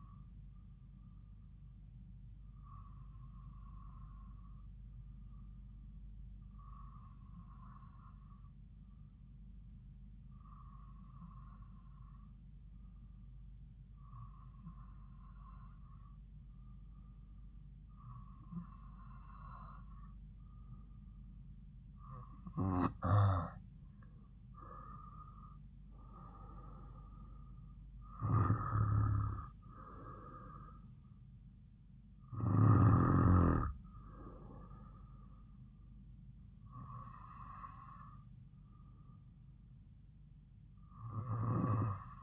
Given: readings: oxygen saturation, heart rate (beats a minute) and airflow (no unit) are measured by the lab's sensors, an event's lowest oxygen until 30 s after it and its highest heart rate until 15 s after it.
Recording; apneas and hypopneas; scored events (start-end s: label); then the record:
breathing in sleep by a smartphone at the bedside; 1
14.00-29.40 s: hypopnea (N2, oxygen 95% highest, then 93% lowest)
From the record:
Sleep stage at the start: N2 (light sleep); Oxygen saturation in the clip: 93 to 95%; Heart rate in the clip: 55 to 61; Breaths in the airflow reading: 11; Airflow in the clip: -5.4 to 6.0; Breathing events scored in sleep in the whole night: 270 in 6.1 hours asleep